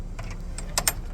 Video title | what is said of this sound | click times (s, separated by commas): MY SERVICE TRUCK SET UP FOR PLUMBING | and then you'll hear it click. If you don't hear it click, then your ladder's not not locked in all the way. You got to hear it click. | 0.8 s, 0.9 s